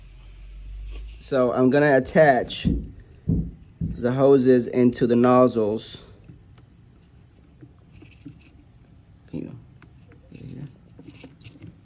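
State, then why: Not seated. Someone talks, then flushing hoses are slid onto the print head nozzles of a Ricoh RI2000 printer as far as they go, making only quiet handling taps and scrapes. The hoses are lined up but not yet pushed home, so nothing has clicked yet.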